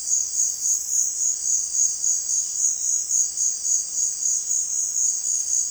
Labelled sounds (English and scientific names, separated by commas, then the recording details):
none
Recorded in secondary vegetation near Puerto Asís, Putumayo, Colombia, on 25 June 2025 at 16:00
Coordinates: 0.499, -76.323
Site G077